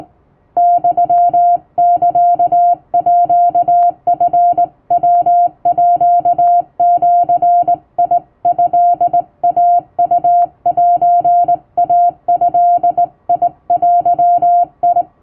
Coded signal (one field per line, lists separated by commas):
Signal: Morse code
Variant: Japanese Wabun code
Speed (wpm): 19 wpm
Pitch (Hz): 700 Hz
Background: music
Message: ユサーチヤージトイウセイドデ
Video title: 毎日聴けるモールスラーニング！第１級無線通信士が打つ綺麗な手打ち和文モールス符号で受信練習をしよう！YouTubeの再生速度を自分の速度に調整して聴いてみよう(morse code practice)